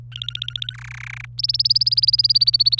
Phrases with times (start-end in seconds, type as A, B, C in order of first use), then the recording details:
0.12-0.76 A, 0.78-1.25 B, 1.38-2.79 C. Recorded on 27 April 2018 at 15:32. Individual llb3